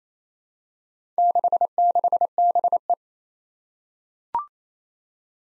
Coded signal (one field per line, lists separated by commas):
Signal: Morse code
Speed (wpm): 27 wpm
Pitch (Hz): 700 Hz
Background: none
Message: 66BE